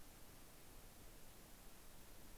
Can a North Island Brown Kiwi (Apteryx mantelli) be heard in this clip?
no